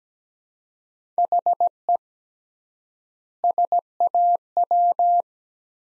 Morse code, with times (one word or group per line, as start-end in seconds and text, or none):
1.2-2.0 HE
3.4-5.2 SAW